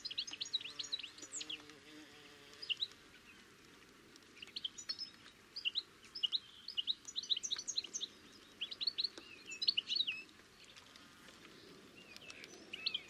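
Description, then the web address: Bird chirps, fainter and scattered, come in short high clusters, with a brief low droning sound near the start. "Deverinetal 2025 File origin Bird Only"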